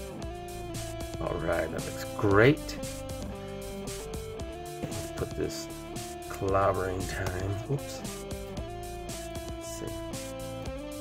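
A plastic part is handled and pushed toward the ball joint of a Thing build-a-figure while someone talks over background guitar music, with a few faint plastic taps. Nothing has seated or clicked yet.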